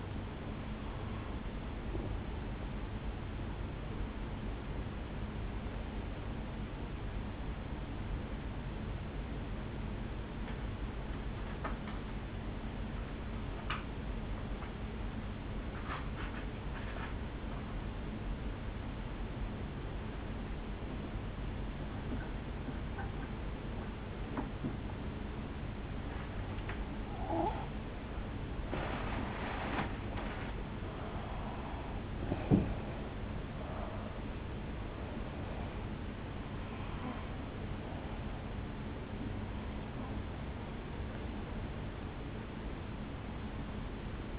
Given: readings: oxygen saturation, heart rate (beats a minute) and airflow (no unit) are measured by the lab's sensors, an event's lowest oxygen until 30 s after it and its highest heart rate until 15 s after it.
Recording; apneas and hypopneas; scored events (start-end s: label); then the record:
breathing in sleep by a voice recorder at the bedside; 1
9.00-29.10 s: obstructive apnea (N1, oxygen 95% highest, then 85% lowest, heart rate 53 at the start, 69 highest)
11.00-44.39 s: new sleep stage, N2 (light sleep)
From the record:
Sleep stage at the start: N1 (lightest sleep); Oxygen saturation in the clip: 84 to 95%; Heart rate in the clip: 52 to 69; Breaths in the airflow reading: 7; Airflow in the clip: -6.9 to 6.3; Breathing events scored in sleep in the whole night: 449 in 7.0 hours asleep